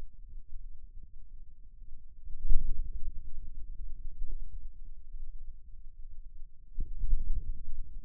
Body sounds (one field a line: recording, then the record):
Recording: forearm muscle sounds (acoustic myography)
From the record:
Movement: ulnar deviation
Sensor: system 2, bracelet of six BSWA MPA416 microphones around the upper forearm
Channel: 1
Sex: male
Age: 22 years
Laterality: right